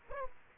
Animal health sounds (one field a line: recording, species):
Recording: mosquito wingbeat signal from an infrared sensor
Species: Aedes aegypti